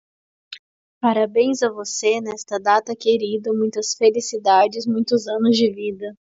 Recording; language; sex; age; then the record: short text; Brazilian Portuguese; female; 20 to 29 years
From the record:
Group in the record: control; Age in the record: 27 years